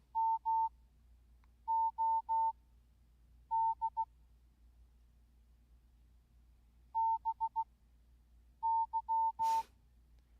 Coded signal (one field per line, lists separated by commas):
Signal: Morse code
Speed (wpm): 16 wpm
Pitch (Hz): 900 Hz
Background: none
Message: MOD BY